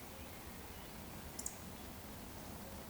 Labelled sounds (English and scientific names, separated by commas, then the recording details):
Eurasian Woodcock (Scolopax rusticola) whistle
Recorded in Baden-Württemberg, Germany, on 15 June 2020 at 19:34 UTC
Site 14569, 102 m above sea level